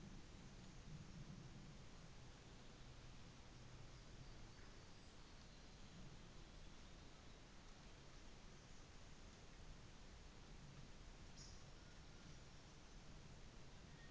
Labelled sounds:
New Zealand Fantail
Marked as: faintness 4/5
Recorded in New Zealand on 24 December 2018
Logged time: 13:00

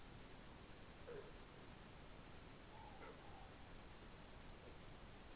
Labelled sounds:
Morepork more-pork call
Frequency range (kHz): Morepork 0.7-1.0 kHz
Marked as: faintness 3/5
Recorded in New Zealand
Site Taranaki

